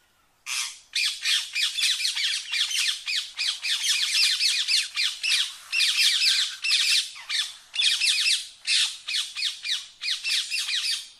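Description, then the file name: Rose-ringed parakeet calling nonstop, a long run of loud, harsh, grating screeches in quick succession. "Canto do periquito indiano"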